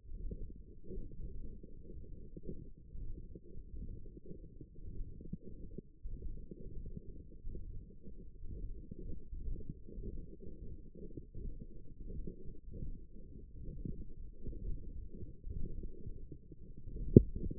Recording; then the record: forearm muscle sounds (acoustic myography)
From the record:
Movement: hook grip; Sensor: system 1, eight BSWA MPA416 microphones around the upper forearm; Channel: 7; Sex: male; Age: 23 years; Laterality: right